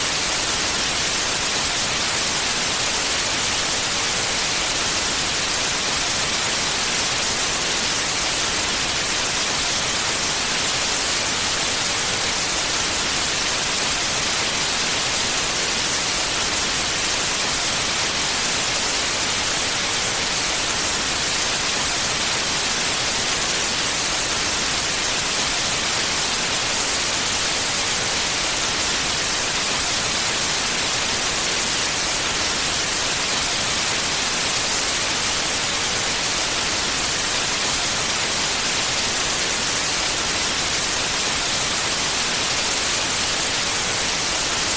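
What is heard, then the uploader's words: TV static hisses steadily for the whole clip, a dense, bright, unchanging wash that sits mostly in the upper range with little low rumble. This episode of the White Noise Podcast is TV Static.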